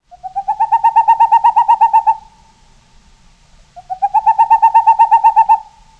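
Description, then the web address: Boreal owl hooting in quick, regular series: two runs of soft, hollow notes, each climbing slightly and growing louder over roughly two seconds. "Peterson North American Birds"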